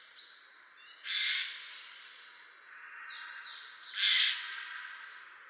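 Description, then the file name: Eurasian jay with two rough, noisy screeches about three seconds apart, the second louder, against thin high background chirps and hiss. "Garrulus glandarius"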